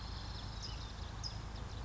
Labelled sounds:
California Towhee (Melozone crissalis)
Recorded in Sonoma County, California

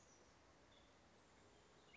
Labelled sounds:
Nuttall's Woodpecker (Dryobates nuttallii)
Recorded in Sonoma County, California

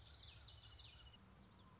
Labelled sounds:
Common Yellowthroat (Geothlypis trichas)
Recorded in Sonoma County, California

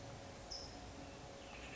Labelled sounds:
California Towhee (Melozone crissalis)
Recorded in Sonoma County, California

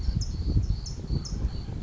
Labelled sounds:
California Towhee (Melozone crissalis)
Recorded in Sonoma County, California

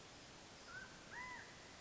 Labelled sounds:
Mountain Quail (Oreortyx pictus)
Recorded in Sonoma County, California

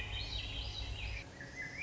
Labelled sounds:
Swainson's Thrush (Catharus ustulatus)
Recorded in Sonoma County, California

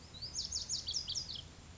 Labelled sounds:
Lazuli Bunting (Passerina amoena)
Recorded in Sonoma County, California

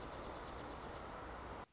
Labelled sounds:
Dark-eyed Junco (Junco hyemalis)
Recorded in Sonoma County, California

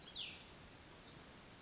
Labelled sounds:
Brown Creeper (Certhia americana)
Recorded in Sonoma County, California

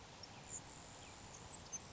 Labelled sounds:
Grasshopper Sparrow (Ammodramus savannarum)
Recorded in Sonoma County, California

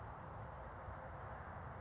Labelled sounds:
California Towhee (Melozone crissalis)
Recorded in Sonoma County, California

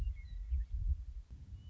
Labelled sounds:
Western Meadowlark (Sturnella neglecta)
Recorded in Sonoma County, California

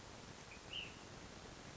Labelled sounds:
Ash-throated Flycatcher (Myiarchus cinerascens)
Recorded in Sonoma County, California

